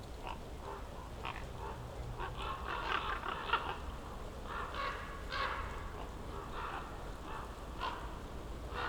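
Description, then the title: Common raven calls, many rough croaks in a busy stretch, louder in the middle. Ravens circling above a mountain slope for over ten minutes at Patnik mountain side, Goworów, Poland, on a New Year's walk; recordist crouched among young beeches; Zoom F4, AT BP4025. "Patnik mountain side, Goworów, Poland - Circling ravens"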